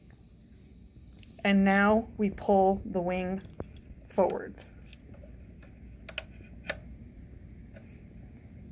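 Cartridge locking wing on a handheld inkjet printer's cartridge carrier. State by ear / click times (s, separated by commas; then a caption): seated / 6.2 s, 6.7 s. After an inkjet cartridge is inserted into the carrier of a jetStamp MP handheld printer, someone talks as the plastic locking wing (lever) is pulled forward. It gives sharp clicks at about 6.2 s and 6.7 s as it seats in place. The wing must be forward and clicked in or the cartridge will not print.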